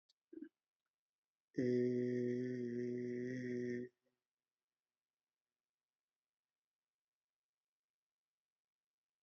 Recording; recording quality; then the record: sustained vowel as in made; excellent, no background noise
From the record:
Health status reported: respiratory illness, not identified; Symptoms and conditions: asthma, hypertension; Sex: male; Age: 50 years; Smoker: not ticked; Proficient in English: yes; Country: India